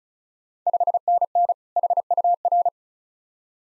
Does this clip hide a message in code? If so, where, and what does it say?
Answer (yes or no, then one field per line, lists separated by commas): yes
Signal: Morse code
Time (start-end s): 0.7-2.7 s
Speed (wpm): 36 wpm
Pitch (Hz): 700 Hz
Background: none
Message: 5NN HUR